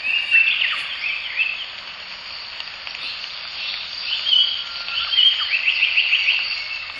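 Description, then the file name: Japanese paradise flycatcher song of bright whistled notes and rapid repeated phrases coming in bursts, set against a constant high insect-like chorus. Recorded at the Morito River. "サンコウチョウ 森戸川"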